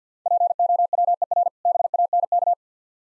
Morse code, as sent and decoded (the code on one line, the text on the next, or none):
.--. --- .-- . .-. / -... .- -. -.-
POWER BANK